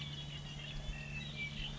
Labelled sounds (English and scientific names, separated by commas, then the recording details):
Red-winged Blackbird (Agelaius phoeniceus)
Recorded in Sonoma County, California